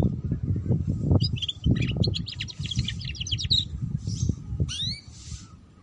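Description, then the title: Canary song, a stretch of rapid chattering trills followed by softer notes and a few whistled sweeps near the end, with low rumbling noise underneath. Belgian canary; song used to warm up canaries and get them singing, for canaries learning the ngeriwik sound, and as a lure for ngeriwik canaries. "Canto Para Esquentar Canário Belga. Suara Kenari Belajar Bunyi Ngeriwik || Cocok Untuk Pancingan Kenari Ngeriwik"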